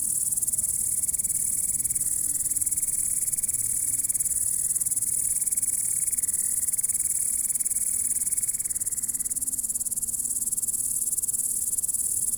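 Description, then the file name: Grasshopper stridulation, a steady high-pitched rasping trill with regular pulses, accompanied by a faint wavering mid-pitched tone for most. "zvuki kuznechika"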